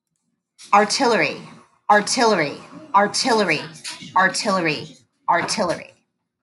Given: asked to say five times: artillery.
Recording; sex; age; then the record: repeated word; female; 40 to 49 years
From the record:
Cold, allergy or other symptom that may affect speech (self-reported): no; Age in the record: 40 years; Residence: North Carolina, United States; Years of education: 20